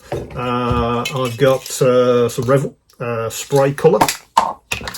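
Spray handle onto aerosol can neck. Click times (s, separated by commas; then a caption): 4.7 s. Someone talks, then a plastic spray-paint trigger handle is pushed onto the neck of a Revell spray can. It snaps on with a sharp click at 4.7 s, between short clicks at about 4.4 s and 4.9 s. It seats because the can uses a standard neck.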